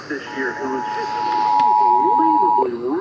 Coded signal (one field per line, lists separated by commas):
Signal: Emergency Alert System (SAME) tones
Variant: 853 and 960 Hz attention tone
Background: speech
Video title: EAS/NWR Alert or message #689-695: Ohio Required Monthly Test #2